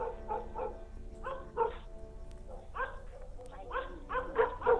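Dogs bark in the distance in short clustered bursts, several yaps at a time with brief pauses between, moderately loud and echoing along a whole city street over a low background hum.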